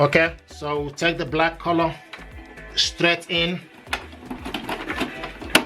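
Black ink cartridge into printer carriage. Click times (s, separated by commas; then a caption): 5.5 s. A black ink cartridge is inserted straight into the carriage of a Canon PIXMA TR4551 printer and pushed up. Someone talks, then soft plastic knocks and scrapes follow. A sharp click at 5.5 seconds shows the cartridge has seated.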